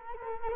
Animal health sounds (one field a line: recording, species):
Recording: mosquito wingbeat signal from an infrared sensor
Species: Culex quinquefasciatus